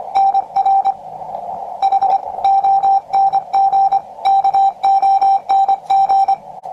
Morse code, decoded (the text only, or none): NR HONG KONG